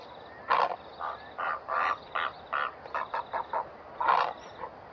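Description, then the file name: Black-headed heron giving harsh, croaking calls, a series of short rasping notes at irregular intervals over faint background hiss. Calls at a colony, recorded 3 October 2017 at 18:20 at a guest farm. "Ardea melanocephala, roepe by kolonie, 2017-10-03 18 h 20 , Bellary-gasteplaas"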